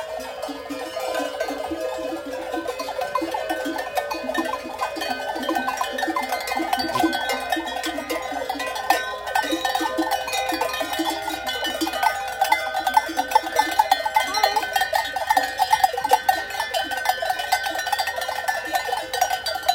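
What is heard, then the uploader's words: Distant bells of mountain goats clink and ring without pause, many small strikes overlapping into a dense, uneven jangle. The tones sit in the middle and upper range, with brighter clanks standing out more often in the second half. Mountain goats, Kefalonia, Greece, in June 2023 – by Tash Walker. I was on an early morning walk when I started to hear this distant sound of bells.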